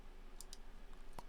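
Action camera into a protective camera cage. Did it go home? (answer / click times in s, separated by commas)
yes / 0.4 s, 0.5 s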